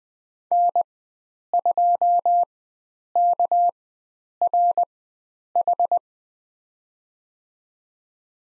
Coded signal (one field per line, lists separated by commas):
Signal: Morse code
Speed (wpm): 20 wpm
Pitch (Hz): 700 Hz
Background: none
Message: N2KRH